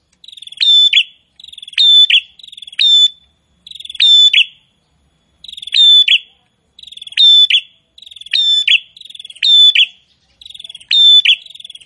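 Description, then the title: Prinia song: several short, high buzzy phrases in quick succession, each with a piercing note and a rattling end, with brief pauses between groups. Chatty (gacor) prinia song. "Prenjak gacor"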